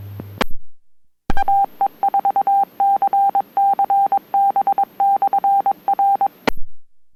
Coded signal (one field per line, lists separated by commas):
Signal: Morse code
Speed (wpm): 22 wpm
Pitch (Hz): 790 Hz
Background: none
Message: AE4CCB/R